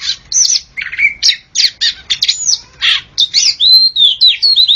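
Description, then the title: Oriental magpie-robin song: a rapid, varied run of whistled slurs, harsh buzzy notes and chirps, with almost no pauses. "Kacer"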